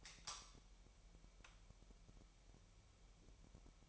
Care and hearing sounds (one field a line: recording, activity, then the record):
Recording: daily activity, microphone in the room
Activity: light on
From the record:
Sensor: 1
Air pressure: 1001.9 hPa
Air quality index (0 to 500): 250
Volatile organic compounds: 54 ppm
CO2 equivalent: 3349 ppm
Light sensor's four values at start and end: 5/11/4/5 and 15/48/19/20